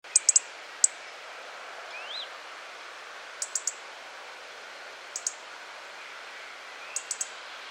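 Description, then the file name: European robin calls: very high, sharp ticks, single or in quick bursts of two or three at irregular intervals, with one thin rising whistle in between over faint background hiss. "Erithacus rubecula"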